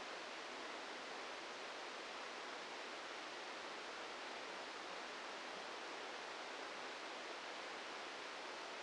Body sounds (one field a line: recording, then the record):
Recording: brain microelectrode recording played as sound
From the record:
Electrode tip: outside the subthalamic nucleus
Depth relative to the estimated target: 2 mm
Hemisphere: left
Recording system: NeuroSet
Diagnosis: Parkinson's disease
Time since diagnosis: 8 years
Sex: male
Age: 46 years